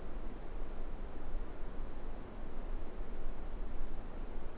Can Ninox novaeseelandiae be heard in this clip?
no